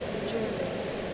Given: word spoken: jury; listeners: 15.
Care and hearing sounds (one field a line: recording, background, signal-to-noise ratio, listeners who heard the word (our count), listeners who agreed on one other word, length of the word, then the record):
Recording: one English word in noise, from a listening test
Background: speech-shaped noise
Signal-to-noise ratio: -4.0 dB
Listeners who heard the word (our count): 0 of 15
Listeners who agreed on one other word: 6 of 15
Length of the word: 0.74 s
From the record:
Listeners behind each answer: 6, 5, 1, 1, 1, 1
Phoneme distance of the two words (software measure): 24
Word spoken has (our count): 2 syllables, 4 phonemes, stress on syllable 1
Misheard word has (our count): 2 syllables, 6 phonemes, stress on syllable 1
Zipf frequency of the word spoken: 4.17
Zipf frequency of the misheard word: 4.35